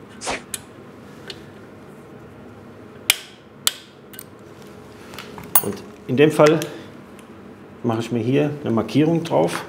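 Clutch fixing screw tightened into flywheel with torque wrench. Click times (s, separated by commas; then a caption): 3.1 s, 3.7 s. A torque wrench set to 12 Nm, used with a locking tool, tightens a clutch fixing screw into the flywheel of a BMW R 1150 motorcycle. Two sharp, loud clicks at 3.1 s and 3.7 s mark the wrench reaching its setting, among softer taps. Afterward someone talks while the tightened screw is marked.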